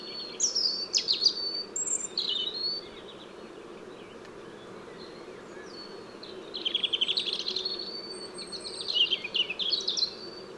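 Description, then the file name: European robin delivering quick, high, tinkling phrases of rapid notes in two bursts separated by a pause, with a droning low hum beneath. "Erithacus rubecula"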